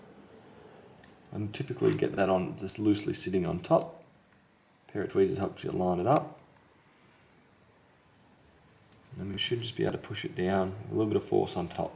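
On an HP 14s cf1050tu laptop, a small antenna cable connector sits loosely on top of its socket on the wireless card and is lined up with tweezers before being pushed down. Someone talks in three stretches over quiet gaps, with a few faint brief ticks at about 1.0, 4.3 and 6.9 seconds. Nothing has seated or clicked yet.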